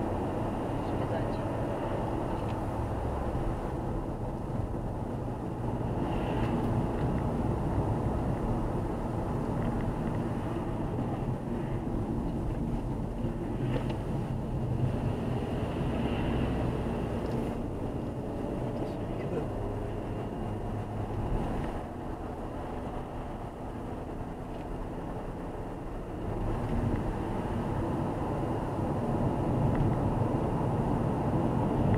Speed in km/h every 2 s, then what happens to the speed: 75, 72, 67, 64, 61, 55, 46, 48, 57, 62, 64, 66, 68, 66, 66, 65.
0-12 slows to 46. 12-23 speeds up to 68. 23-32 steady at about 66.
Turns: 4-12.